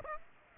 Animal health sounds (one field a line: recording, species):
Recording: mosquito wingbeat signal from an infrared sensor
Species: Aedes aegypti